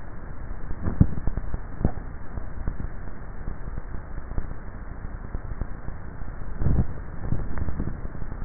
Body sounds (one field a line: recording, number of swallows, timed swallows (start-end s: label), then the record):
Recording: swallowing sounds by neck microphone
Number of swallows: 2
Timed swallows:
0.85-1.82 s: swallow
6.65-7.52 s: swallow
From the record:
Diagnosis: dysphagia